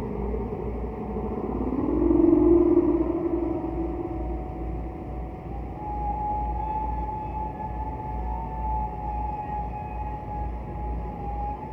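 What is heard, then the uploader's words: A distant whale call rises as a low, muffled moan that swells around two to three seconds, then gives way to a thin, steady higher tone from about six seconds on. A constant deep rumble, like engine noise, runs underneath throughout. Distant Whale.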